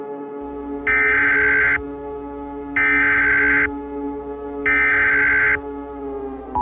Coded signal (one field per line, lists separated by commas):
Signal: Emergency Alert System (SAME) tones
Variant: header bursts